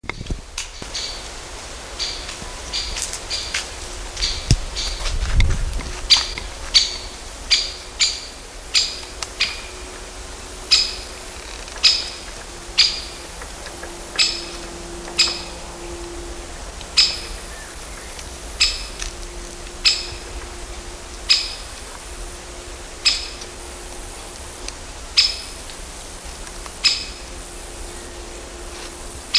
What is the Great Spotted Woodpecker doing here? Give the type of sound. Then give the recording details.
call. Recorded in the wild. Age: adult. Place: Waldsieversdorf, Märkische Schweiz, Brandenburg, DE. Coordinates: 52.5333, 14.0833. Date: 1999-09-16 11:45. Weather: wolkig, 18°C. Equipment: Sony WM-D6C, Sennheiser ME 80, Kopie Uher 4000 Report Monitor. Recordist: Tembrock, Günter